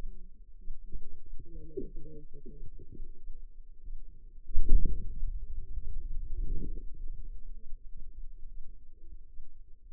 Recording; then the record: forearm muscle sounds (acoustic myography)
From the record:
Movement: hand closing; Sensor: system 2, bracelet of six BSWA MPA416 microphones around the upper forearm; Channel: 1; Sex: female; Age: 25 years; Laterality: right